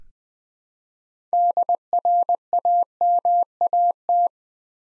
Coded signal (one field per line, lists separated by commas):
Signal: Morse code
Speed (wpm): 20 wpm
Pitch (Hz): 700 Hz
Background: none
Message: DRAMAT